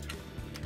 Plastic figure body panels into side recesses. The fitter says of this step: 脆两边呢先把它给好都给扣上了到这里。